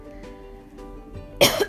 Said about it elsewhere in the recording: Still coughing a bit, but it's better. I'm way better than I was like last week.